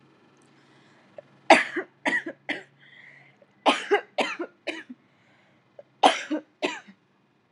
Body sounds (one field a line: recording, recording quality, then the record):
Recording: heavy voluntary cough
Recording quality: excellent, no background noise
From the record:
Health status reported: healthy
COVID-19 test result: negative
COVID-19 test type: RT-PCR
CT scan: not taken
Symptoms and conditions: none ticked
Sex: female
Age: 21 years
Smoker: no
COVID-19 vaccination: one dose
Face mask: not worn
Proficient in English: yes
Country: India